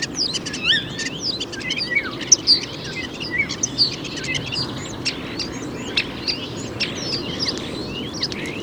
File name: common starling